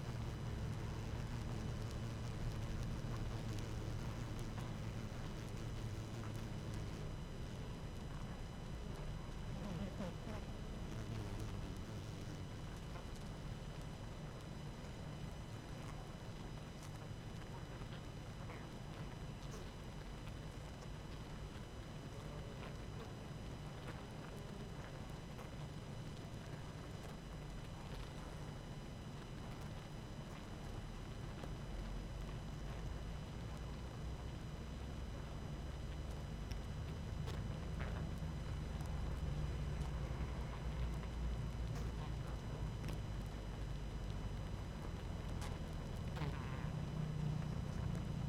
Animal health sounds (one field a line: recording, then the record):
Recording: honeybee colony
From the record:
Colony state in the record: active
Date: 12 June 2018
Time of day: 18:27